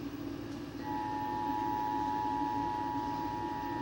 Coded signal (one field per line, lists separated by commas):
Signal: Emergency Alert System (SAME) tones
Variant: 853 and 960 Hz attention tone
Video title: Two Days Of Madness | EAS Alerts From 6/25-26/2021 (EAS #709-773)